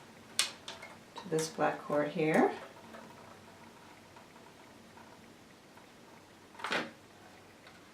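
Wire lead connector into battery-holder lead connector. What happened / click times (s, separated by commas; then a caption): The wire connector snapped together / 0.4 s. The black wire lead from a phonograph kit motor is pushed into the matching black battery-holder lead, and the connector snaps together with a sharp tick at 0.4 s, seating the connection. Someone talks right after, and a brief soft noise follows near 6.6 s in an otherwise quiet background.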